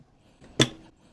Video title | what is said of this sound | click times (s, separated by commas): Citroen C4 rear light removal | You want to listen for it to snap shut. There you go. | 0.6 s